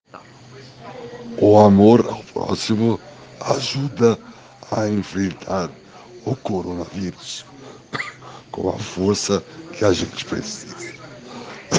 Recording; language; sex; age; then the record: spoken sentence; Brazilian Portuguese; male; 60 to 69 years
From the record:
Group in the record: respiratory insufficiency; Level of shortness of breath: 5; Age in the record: 60 years